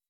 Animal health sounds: hydrophone in a shrimp aquaculture tank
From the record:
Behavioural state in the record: weakened

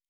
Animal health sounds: hydrophone in a shrimp aquaculture tank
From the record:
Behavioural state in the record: normal

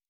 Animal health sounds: hydrophone in a shrimp aquaculture tank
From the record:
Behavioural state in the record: normal

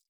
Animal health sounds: hydrophone in a shrimp aquaculture tank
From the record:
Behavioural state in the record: feeding

